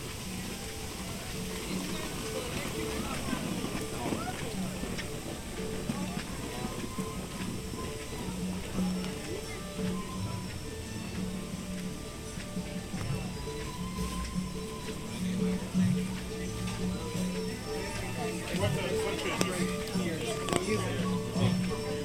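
A walk through Animal Kingdom park in Walt Disney World, with a steady crowd murmur of overlapping voices throughout. Low steady hums run underneath, and brief brighter tones and clatters pop up now and then, busier around fifteen and twenty seconds.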